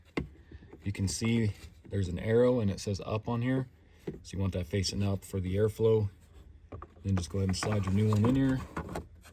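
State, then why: Not seated. A new cabin air filter for a 2015-2021 Subaru WRX is handled at the HVAC housing behind the glove box, with its up arrow turned to face up for the airflow before it is slid into the housing. Someone talks throughout, with a few faint, brief knocks near the end. The filter and its cover have not seated or snapped home yet.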